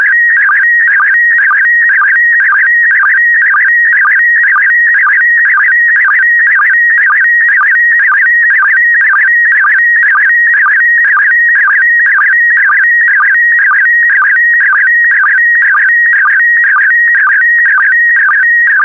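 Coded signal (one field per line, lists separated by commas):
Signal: SSTV (slow-scan television)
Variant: PD120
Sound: warbling whistling tone with rhythmic low chirps about twice a second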